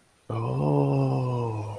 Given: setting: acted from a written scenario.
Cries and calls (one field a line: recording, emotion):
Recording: vocal sound without words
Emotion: awe